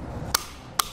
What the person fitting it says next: you hear those audible clicks you're going to know it's tight enough